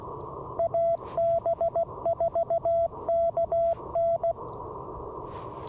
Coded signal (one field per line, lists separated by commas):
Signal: Morse code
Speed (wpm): 16 wpm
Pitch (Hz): 670 Hz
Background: none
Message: AB4KN